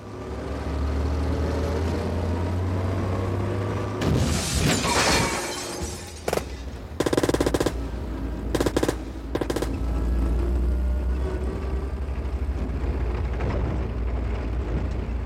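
A car engine drones low, then a violent crash of impact and shattering glass bursts out as one car rams another car, followed by several sharp metallic bangs and crunches before the engine rumble continues steadily.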